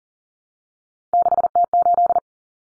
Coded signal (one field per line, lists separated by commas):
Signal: Morse code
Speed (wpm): 40 wpm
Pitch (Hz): 700 Hz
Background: none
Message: 6T8